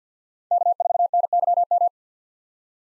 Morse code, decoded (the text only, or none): K4NYM